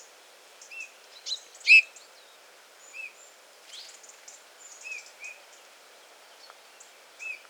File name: Pyrrhula pyrrhula